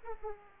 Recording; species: mosquito wingbeat signal from an infrared sensor; Aedes aegypti